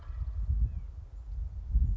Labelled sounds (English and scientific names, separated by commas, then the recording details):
White-breasted Nuthatch (Sitta carolinensis)
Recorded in Sonoma County, California